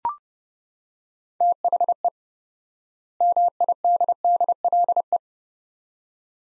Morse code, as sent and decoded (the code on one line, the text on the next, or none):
- .... . / -- .. -.. -.. .-.. .
THE MIDDLE